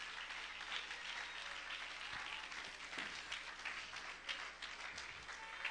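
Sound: audience applauding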